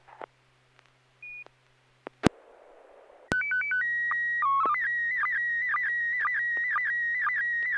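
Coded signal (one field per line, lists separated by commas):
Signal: SSTV (slow-scan television)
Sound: brief squelch noise bursts, then alternating header tones, a steady whistle, warbling scan tones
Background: FM squelch noise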